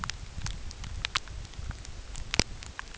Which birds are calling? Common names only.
none